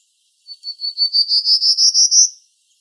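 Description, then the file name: Prairie warbler song: a thin, buzzy series of about a dozen quick notes climbing steadily in pitch and growing louder, lasting under two seconds. Recorded 29 May 2012. "PRWA Stejskal"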